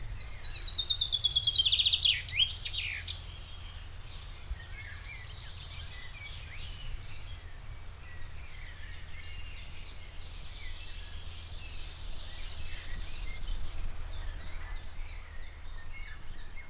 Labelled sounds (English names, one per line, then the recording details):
Common Chaffinch
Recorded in the wild
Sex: male
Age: adult
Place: Anklam, Mecklenburg-Vorpommern, DE
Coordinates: 53.9, 13.7
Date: 1989-05-20 17:00
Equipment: Uher 4400 Report Monitor, Sennheiser ME 80, K 30 AV
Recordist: Fischer, Stefan
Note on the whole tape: Gützkow: Gesang